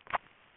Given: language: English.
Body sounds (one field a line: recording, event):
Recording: throat vibration sensor signal played as sound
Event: swallow